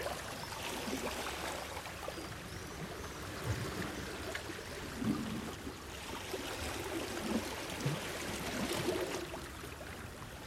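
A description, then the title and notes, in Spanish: Gentle Mediterranean waves wash steadily against a breakwater, a dense continuous wash with soft low gurgles and splashes every second or two. Paz en el Mar. Es una grabación en un suave rompeolas del Mediterráneo; sonido hipnótico que nos mece una y otra vez.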